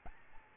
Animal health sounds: mosquito wingbeat signal from an infrared sensor; Aedes albopictus

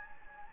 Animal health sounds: mosquito wingbeat signal from an infrared sensor; Anopheles gambiae

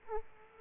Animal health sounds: mosquito wingbeat signal from an infrared sensor; Aedes aegypti

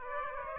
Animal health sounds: mosquito wingbeat signal from an infrared sensor; Aedes aegypti

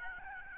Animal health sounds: mosquito wingbeat signal from an infrared sensor; Aedes albopictus

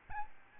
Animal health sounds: mosquito wingbeat signal from an infrared sensor; Aedes albopictus

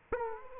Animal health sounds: mosquito wingbeat signal from an infrared sensor; Aedes aegypti

